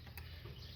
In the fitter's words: once i get a click i know i'm in business there we go